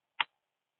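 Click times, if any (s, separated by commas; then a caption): 0.2 s. A rechargeable battery is fitted into the underside of a surveying total station and pressed home. A single sharp click is heard at 0.2 s as it seats, followed by silence.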